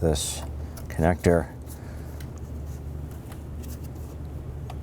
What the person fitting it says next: and you'll feel it and hear it click into place once it's locked in